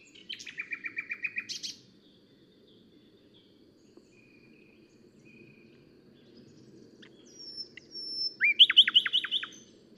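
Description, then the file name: Common nightingale song: a fast stuttering run of repeated notes, soft drawn-out whistles, then a high pure whistle leading into a loud rapid trill, with faint background rumble. "Luscinia megarhynchos"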